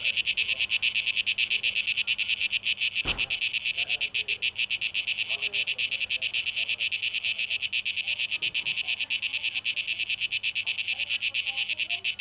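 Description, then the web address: Cicada song, a high, hissing buzz pulsing rapidly, with one sharp click early on. 12 August 2023; tape echo mix. "rauschpartikel Audio 2023-08-12 Zikaden"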